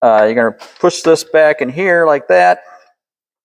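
During a convertible top hydraulic actuator install on a 2004 Mercedes-Benz CLK 500, a reset component is being pushed back into its mount in the convertible top mechanism while someone talks. Nothing has snapped down or seated yet by the end of the clip.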